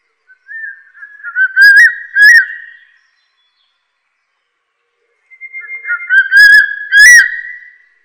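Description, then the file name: Crested serpent eagle calling: two loud whistled phrases about five seconds apart, each a wavering sustained whistle ending in two emphatic ringing notes. "大冠鷲"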